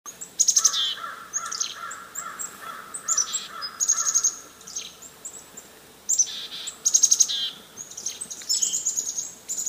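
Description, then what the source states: Chickadees calling excitedly, high sharp chips and buzzy bursts in clustered bouts, with lower repeated notes. Several chickadees mobbing.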